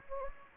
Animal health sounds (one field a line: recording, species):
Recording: mosquito wingbeat signal from an infrared sensor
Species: Anopheles gambiae